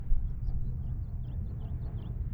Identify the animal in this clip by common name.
House Finch